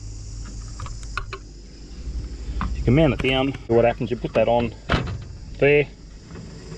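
A Dometic 12 V travel kettle is handled against its wall/vehicle mounting bracket while someone talks, with a few light taps and knocks around 0.8–1.3 s and a sharper knock near 2.6 s. The kettle has not yet locked into the bracket; nothing has seated or clicked by the end of the clip.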